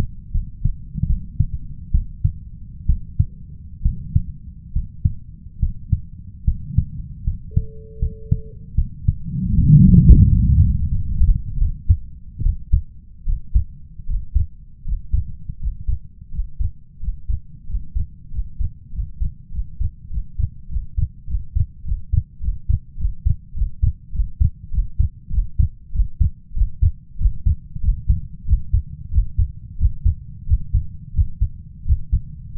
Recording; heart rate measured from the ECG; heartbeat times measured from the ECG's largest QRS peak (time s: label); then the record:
heart sounds by stethoscope; 86 bpm
0.31 s: heartbeat
1.06 s: heartbeat
1.91 s: heartbeat
2.86 s: heartbeat
3.82 s: heartbeat
4.72 s: heartbeat
5.59 s: heartbeat
6.44 s: heartbeat
7.24 s: heartbeat
7.99 s: heartbeat
8.74 s: heartbeat
9.55 s: heartbeat
10.27 s: heartbeat
10.91 s: heartbeat
11.57 s: heartbeat
12.42 s: heartbeat
13.25 s: heartbeat
14.06 s: heartbeat
14.84 s: heartbeat
15.59 s: heartbeat
16.31 s: heartbeat
17.00 s: heartbeat
17.66 s: heartbeat
18.30 s: heartbeat
18.92 s: heartbeat
19.51 s: heartbeat
20.09 s: heartbeat
20.68 s: heartbeat
21.26 s: heartbeat
21.84 s: heartbeat
22.40 s: heartbeat
22.97 s: heartbeat
23.54 s: heartbeat
24.12 s: heartbeat
24.71 s: heartbeat
25.30 s: heartbeat
25.92 s: heartbeat
26.54 s: heartbeat
27.18 s: heartbeat
27.81 s: heartbeat
28.45 s: heartbeat
29.10 s: heartbeat
29.77 s: heartbeat
30.46 s: heartbeat
31.13 s: heartbeat
31.84 s: heartbeat
32.53 s: heartbeat
From the record:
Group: healthy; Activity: rest 0-6 s, Valsalva maneuver 6-33 s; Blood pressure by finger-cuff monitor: 106/74 mmHg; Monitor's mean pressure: 85 mmHg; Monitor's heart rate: 81 bpm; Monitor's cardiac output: 5.7 L/min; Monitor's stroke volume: 72 mL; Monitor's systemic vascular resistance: 1020 dyn s/cm5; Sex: male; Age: 21 years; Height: 170 cm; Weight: 71 kg